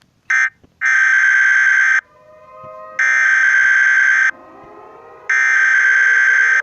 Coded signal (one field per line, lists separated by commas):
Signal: Emergency Alert System (SAME) tones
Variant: header bursts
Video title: EAS SCENARIO 1= nightmare decrane and reverse victora